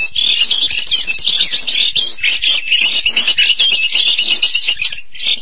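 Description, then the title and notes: Starling song, busy nonstop warble of squeaky whistles, clicks and raspy notes packed tightly together. "suara burung jalak"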